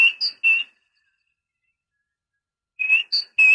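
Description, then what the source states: Great tit song, clear whistled notes alternating between a higher and a lower pitch, in two short bursts separated by a pause. Training recording (masteran) for songbirds.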